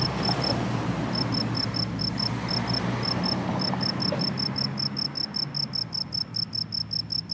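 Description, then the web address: Cricket song, high chirps in irregular groups at first, then a fast steady run of chirps over low noise. "college-alain-crozon grillon"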